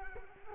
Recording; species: mosquito wingbeat signal from an infrared sensor; Culex quinquefasciatus